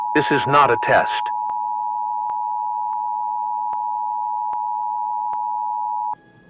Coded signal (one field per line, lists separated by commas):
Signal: Emergency Alert System (SAME) tones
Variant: 853 and 960 Hz attention tone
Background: speech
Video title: Manhunt Analog EAS - Civil Disturbance Alert & Industrial Accident Alert